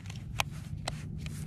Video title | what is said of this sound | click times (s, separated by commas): Potensic P5 Dreamer Mini Drone Review and Test | it will click into place | 0.4 s